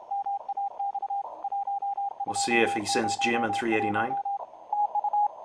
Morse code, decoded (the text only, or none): MAX 1201 TU